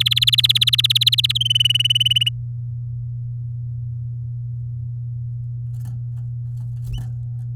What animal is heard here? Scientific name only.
Serinus canaria